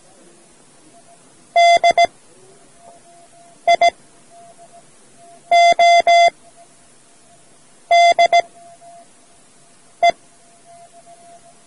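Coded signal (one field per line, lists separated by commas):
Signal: Morse code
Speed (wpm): 17 wpm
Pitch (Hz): 690 Hz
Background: none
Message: DIODE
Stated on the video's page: Morse code learning lesson from a radio society audio cassette.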